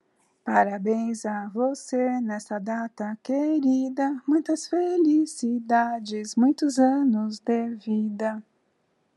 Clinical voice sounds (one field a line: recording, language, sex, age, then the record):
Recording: short text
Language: Brazilian Portuguese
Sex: female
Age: 50 to 59 years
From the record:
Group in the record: control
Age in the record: 57 years